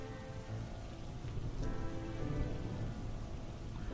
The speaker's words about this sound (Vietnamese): Trong màn đêm u tối tịch mịch, trên con đường mênh mang, âm thanh ầm ầm trên bầu trời. Trời đã bắt đầu chuyển mưa, sấm sét trên bầu trời giáng xuống.